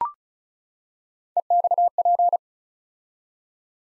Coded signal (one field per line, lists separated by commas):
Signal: Morse code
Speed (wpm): 36 wpm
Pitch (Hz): 700 Hz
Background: none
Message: EXP